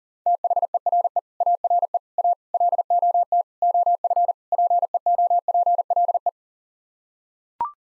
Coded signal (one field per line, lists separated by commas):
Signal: Morse code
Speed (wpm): 40 wpm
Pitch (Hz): 700 Hz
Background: none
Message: THERE ARE A LOT OF PEOPLE